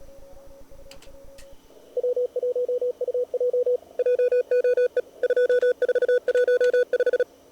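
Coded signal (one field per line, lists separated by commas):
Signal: Morse code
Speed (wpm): 39 wpm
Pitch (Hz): 500 Hz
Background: none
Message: W1UJ JOE 2415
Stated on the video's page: CW Operators Club weekly CWT mini contest on 80, 40 and 20 m, single-op high power, operated at slow (QRS) and fast (QRQ) speeds.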